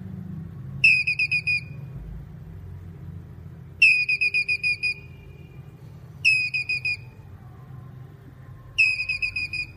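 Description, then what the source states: Squirrel calls repeated four times, each a quick run of piercing high chips with a short trailing note, a few seconds apart, over a low rumble. Male squirrel calling.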